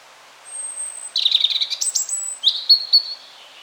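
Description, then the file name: European robin song: a long thin high whistle, then a tumbling mix of warbled notes and a brief pure tone, closing with a lower, liquid trill. "Erithacus rubecula"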